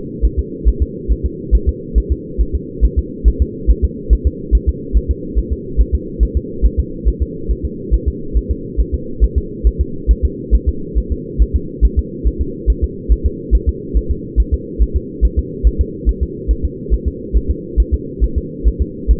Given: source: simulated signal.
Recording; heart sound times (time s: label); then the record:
fetal heart sounds
0.25 s: S1
0.39 s: S2
0.68 s: S1
0.83 s: S2
1.11 s: S1
1.26 s: S2
1.55 s: S1
1.69 s: S2
1.98 s: S1
2.12 s: S2
2.41 s: S1
2.55 s: S2
2.85 s: S1
2.99 s: S2
3.28 s: S1
3.42 s: S2
3.70 s: S1
3.85 s: S2
4.13 s: S1
4.27 s: S2
4.55 s: S1
4.69 s: S2
4.97 s: S1
5.11 s: S2
5.39 s: S1
5.53 s: S2
5.80 s: S1
5.95 s: S2
6.23 s: S1
6.37 s: S2
6.66 s: S1
6.80 s: S2
7.08 s: S1
7.22 s: S2
7.51 s: S1
7.65 s: S2
7.94 s: S1
8.08 s: S2
8.37 s: S1
8.51 s: S2
8.80 s: S1
8.94 s: S2
9.24 s: S1
9.38 s: S2
9.67 s: S1
9.81 s: S2
10.11 s: S1
10.25 s: S2
10.55 s: S1
10.69 s: S2
10.98 s: S1
11.12 s: S2
11.42 s: S1
11.56 s: S2
11.85 s: S1
11.99 s: S2
12.27 s: S1
12.41 s: S2
12.70 s: S1
12.84 s: S2
13.12 s: S1
13.26 s: S2
13.55 s: S1
13.69 s: S2
13.97 s: S1
14.11 s: S2
14.40 s: S1
14.54 s: S2
14.82 s: S1
14.96 s: S2
15.25 s: S1
15.39 s: S2
15.67 s: S1
15.81 s: S2
16.09 s: S1
16.23 s: S2
16.51 s: S1
16.65 s: S2
16.94 s: S1
17.08 s: S2
17.37 s: S1
17.51 s: S2
17.80 s: S1
17.94 s: S2
18.24 s: S1
18.38 s: S2
18.68 s: S1
18.82 s: S2
19.11 s: S1
From the record:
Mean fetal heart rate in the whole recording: 140 bpm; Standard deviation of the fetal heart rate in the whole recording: 2 bpm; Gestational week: 34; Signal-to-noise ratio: -4.3 dB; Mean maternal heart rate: 72 bpm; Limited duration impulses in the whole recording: absent